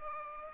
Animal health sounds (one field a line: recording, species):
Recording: mosquito wingbeat signal from an infrared sensor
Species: Culex pipiens